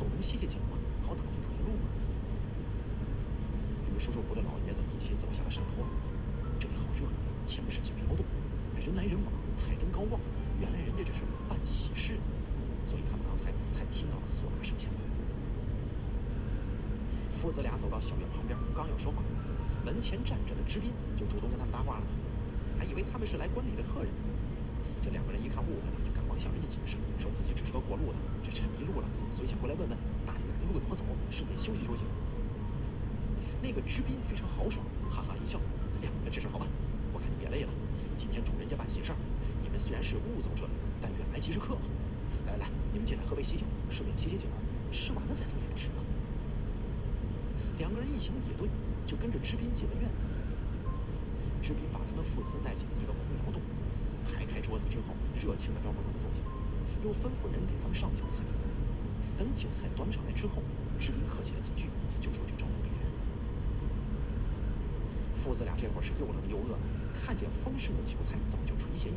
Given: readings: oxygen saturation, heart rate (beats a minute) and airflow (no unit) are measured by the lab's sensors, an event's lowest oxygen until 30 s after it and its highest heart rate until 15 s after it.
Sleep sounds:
breathing in sleep by a smartphone at the bedside; none
0.00-19.00 s: awake
From the record:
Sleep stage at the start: N1 (lightest sleep); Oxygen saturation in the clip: 94%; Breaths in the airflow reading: 25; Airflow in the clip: -1.4 to 1.9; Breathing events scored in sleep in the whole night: 335 in 6.7 hours asleep

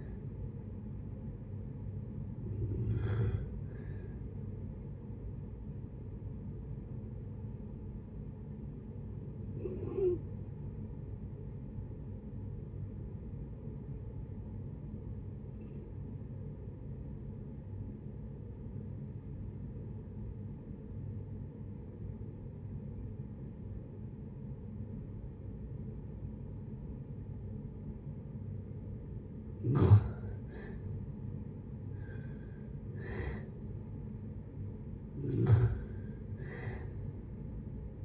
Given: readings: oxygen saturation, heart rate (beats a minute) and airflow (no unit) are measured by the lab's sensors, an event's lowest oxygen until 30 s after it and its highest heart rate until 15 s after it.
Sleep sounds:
breathing in sleep by a smartphone at the bedside; 1
2.00-38.04 s: new sleep stage, N1 (lightest sleep)
17.00-32.20 s: obstructive apnea (N1, oxygen 94% highest, then 75% lowest, heart rate 64 at the start, 74 highest)
From the record:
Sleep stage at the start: REM sleep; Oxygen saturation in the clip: 61 to 94%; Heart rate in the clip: 62 to 82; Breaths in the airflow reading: 5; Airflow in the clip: -7.3 to 7.5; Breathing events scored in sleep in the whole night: 496 in 5.4 hours asleep

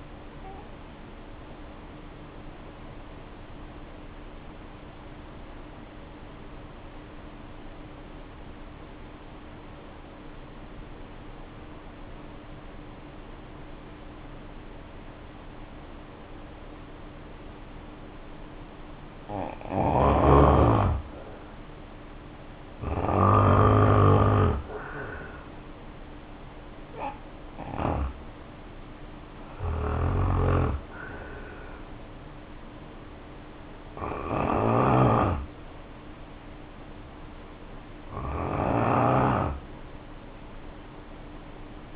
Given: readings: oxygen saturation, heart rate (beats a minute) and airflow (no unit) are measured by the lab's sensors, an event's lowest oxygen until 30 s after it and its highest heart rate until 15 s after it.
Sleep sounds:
breathing in sleep by a voice recorder at the bedside; 1
5.00-19.50 s: obstructive apnea (N2, oxygen 94% highest, then 80% lowest, heart rate 59 at the start, 73 highest)
From the record:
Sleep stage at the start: N2 (light sleep); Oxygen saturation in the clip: 80 to 94%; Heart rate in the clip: 53 to 73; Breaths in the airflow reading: 5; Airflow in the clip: -3.3 to 5.4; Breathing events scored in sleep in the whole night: 520 in 7.2 hours asleep

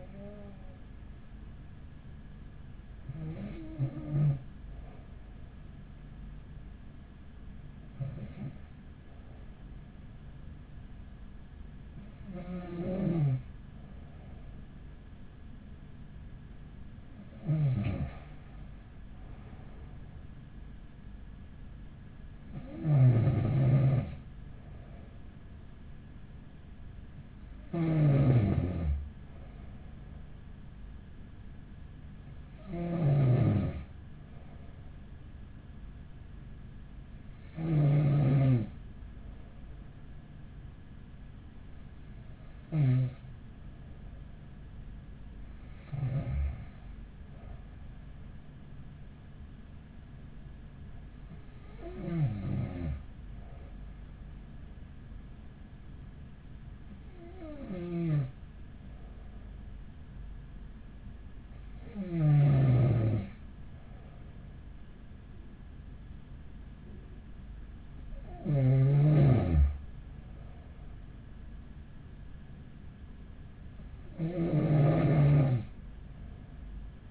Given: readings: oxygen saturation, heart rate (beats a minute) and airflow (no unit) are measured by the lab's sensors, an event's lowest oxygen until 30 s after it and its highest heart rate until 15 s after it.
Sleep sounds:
breathing in sleep by a smartphone at the bedside; none
none scored
From the record:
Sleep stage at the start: N2 (light sleep); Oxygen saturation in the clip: 94 to 96%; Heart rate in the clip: 39 to 47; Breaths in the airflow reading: 15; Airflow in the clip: -7.5 to 6.7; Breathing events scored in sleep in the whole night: 207 in 7.6 hours asleep

